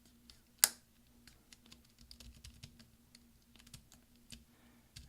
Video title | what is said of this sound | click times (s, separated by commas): RIGHT SHIFT Key Replace mid-2010 13 inch Macbook Pro 1278 2.66 GHz MC375 Type J | kind of push down and roll your fingers you'll hear lots of snaps you | 0.3 s, 0.6 s, 1.5 s, 2.1 s, 2.4 s